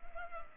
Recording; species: mosquito wingbeat signal from an infrared sensor; Culex pipiens